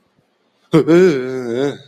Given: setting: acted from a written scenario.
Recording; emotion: vocal sound without words; negative surprise